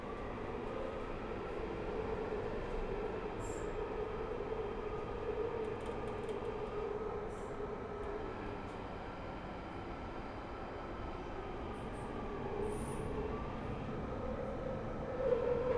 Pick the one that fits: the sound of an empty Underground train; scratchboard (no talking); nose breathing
the sound of an empty Underground train